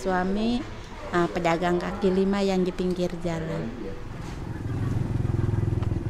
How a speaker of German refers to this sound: Sie bittet den Reporter auf den Rücksitz ihres Motorrads und fährt los, um ihre alte Nachbarschaft zu zeigen, den Kampung.